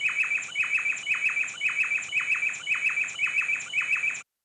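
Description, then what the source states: Bay wren song, male part: quick bursts of descending chirpy notes, repeated many times, with a steady high hiss behind. Male bay wren's part of an antiphonal duet, separated from the female's song.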